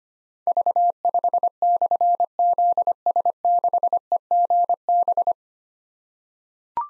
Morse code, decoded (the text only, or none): V5/ZS6EGB